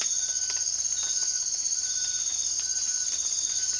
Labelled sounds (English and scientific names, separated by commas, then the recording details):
none
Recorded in dense forest near Puerto Asís, Putumayo, Colombia, on 24 March 2025 at 02:30
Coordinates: 0.503, -76.323
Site GP09